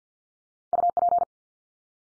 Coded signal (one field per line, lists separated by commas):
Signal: Morse code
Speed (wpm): 50 wpm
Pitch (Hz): 700 Hz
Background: none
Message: UP